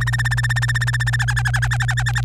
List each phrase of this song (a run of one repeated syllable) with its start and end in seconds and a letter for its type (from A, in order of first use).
0.01-1.16 A, 1.19-2.21 B